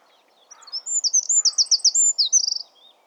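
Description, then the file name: Eurasian wren song of rapid, bright, high-pitched notes and a short rattling trill, lasting about two seconds, with two soft lower sounds beneath it. "Troglodytes troglodytes"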